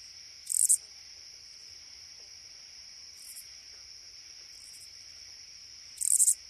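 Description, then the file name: Oblong-winged katydid giving short buzzy, raspy bursts, two strong ones about five and a half seconds apart with fainter ones between, over a steady high insect hum. "Oblong-winged Katydid (Wild America)"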